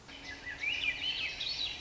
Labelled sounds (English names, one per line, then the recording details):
Swainson's Thrush
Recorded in Sonoma County, California